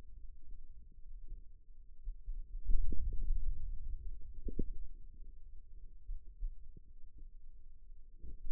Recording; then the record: forearm muscle sounds (acoustic myography)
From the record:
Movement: hand opening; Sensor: system 2, bracelet of six BSWA MPA416 microphones around the upper forearm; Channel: 5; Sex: male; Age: 22 years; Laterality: right